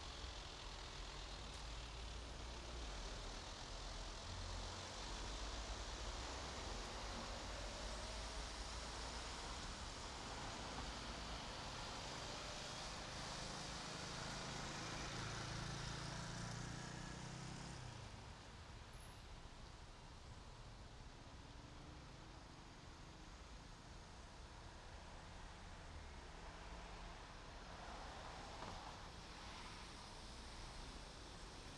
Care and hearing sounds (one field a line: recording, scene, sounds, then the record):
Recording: everyday scene through a hearing-aid microphone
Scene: in traffic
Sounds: traffic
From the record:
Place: main road on the outskirts, rush hour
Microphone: in the ear canal, right